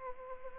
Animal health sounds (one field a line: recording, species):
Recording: mosquito wingbeat signal from an infrared sensor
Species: Anopheles arabiensis